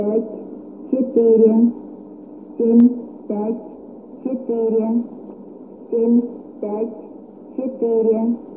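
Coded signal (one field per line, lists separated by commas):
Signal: numbers station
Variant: S06s Russian Lady, Russian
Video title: 09 01 2018 Numbers station S06s Russian Lady in Russian to Eu 1110 on 5975 unknown tx site in CUSB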